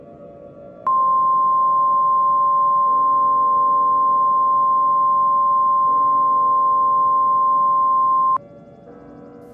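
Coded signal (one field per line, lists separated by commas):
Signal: Emergency Alert System (SAME) tones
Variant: 1050 Hz attention tone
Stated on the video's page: Fictional scenario alert.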